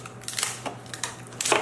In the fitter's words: when you snap the battery you can actually feel the battery is clicked which